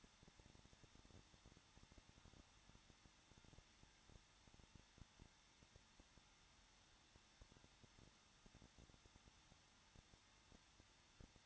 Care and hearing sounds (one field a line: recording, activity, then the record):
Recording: daily activity, microphone in the room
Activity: no activity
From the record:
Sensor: 3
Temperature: 21.2 degrees Celsius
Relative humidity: 36.4%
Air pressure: 1006.4 hPa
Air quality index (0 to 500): 223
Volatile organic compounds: 44 ppm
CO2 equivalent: 3206 ppm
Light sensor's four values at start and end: 2/3/2/2 and 2/3/2/2